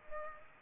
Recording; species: mosquito wingbeat signal from an infrared sensor; Aedes aegypti